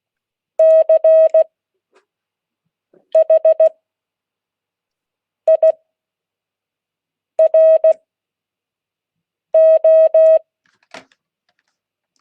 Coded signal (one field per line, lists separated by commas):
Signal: Morse code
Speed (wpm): 16 wpm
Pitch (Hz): 640 Hz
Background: none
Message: CHIRO